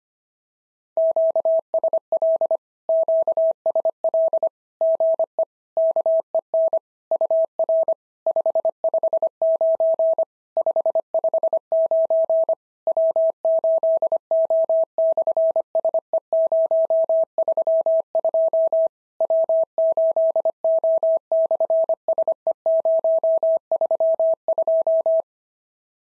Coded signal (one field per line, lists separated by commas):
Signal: Morse code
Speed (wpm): 25 wpm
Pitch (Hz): 650 Hz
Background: none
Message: QSL QSL GE KEN UR 559 559 W8O/SE032 W8O/SE032